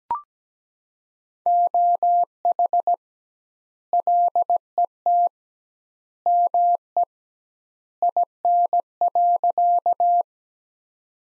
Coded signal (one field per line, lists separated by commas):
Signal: Morse code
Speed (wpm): 17 wpm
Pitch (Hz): 700 Hz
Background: none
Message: OH LET ME IN.